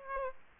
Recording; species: mosquito wingbeat signal from an infrared sensor; Aedes aegypti